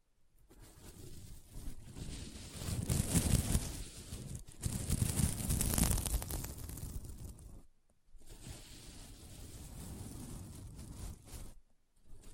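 Sequin mermaid pillow scratched in long rough strokes, a dense rasping that swells around three to six seconds, pauses near eight, then resumes.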